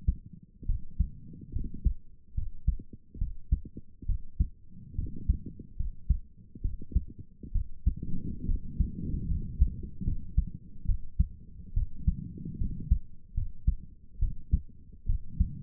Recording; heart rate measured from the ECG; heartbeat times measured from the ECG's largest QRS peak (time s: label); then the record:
heart sounds by stethoscope; 71 bpm
0.66 s: heartbeat
1.52 s: heartbeat
2.34 s: heartbeat
3.18 s: heartbeat
4.06 s: heartbeat
4.95 s: heartbeat
5.76 s: heartbeat
6.61 s: heartbeat
7.52 s: heartbeat
8.45 s: heartbeat
9.28 s: heartbeat
10.04 s: heartbeat
10.85 s: heartbeat
11.73 s: heartbeat
12.58 s: heartbeat
13.34 s: heartbeat
14.19 s: heartbeat
15.06 s: heartbeat
From the record:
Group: healthy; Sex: female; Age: 22 years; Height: 154 cm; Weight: 58.7 kg